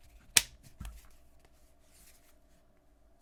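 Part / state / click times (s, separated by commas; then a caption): back case cover onto a foldable phone / seated / 0.4 s. The back cover of a case with a smooth, rubbery finish is pressed onto a Galaxy Fold 7 foldable phone and clips into place. A sharp snap sounds at 0.4 s, followed by a softer tap near 0.9 s. The cover is seated.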